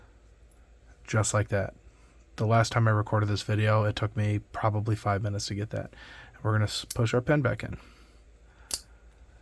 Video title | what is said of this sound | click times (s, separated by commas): Ruger Wrangler - Detailed Disassembly/Reassembly. | you're gonna listen for a snap and that snap is the spring here locking into that part of that cut out on the pen | 8.7 s